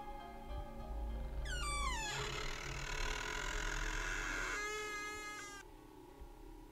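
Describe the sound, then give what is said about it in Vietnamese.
A door creaks open by itself after a key is turned in its lock, starting with a high squeal that slides downward, grinding through a raspy stretch, then ending in a wavering whine before a low thud and quiet. “Cậu ta xoay chìa, còn chưa kịp đẩy thì cánh cửa kẽo kẹt tự mở ra.”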